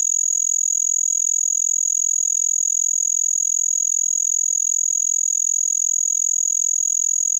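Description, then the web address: Say's trig singing a very high, thin, continuous trill, steady and unbroken throughout with a fine rapid pulsing. "The Songs of Insects. Say's Trig"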